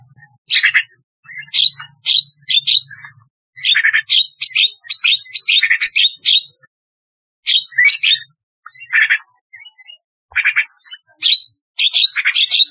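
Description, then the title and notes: Starling delivering repeated scratchy chatter phrases and squeaks, with a faint low hum underneath at the start. "Kicau Burung Jalak"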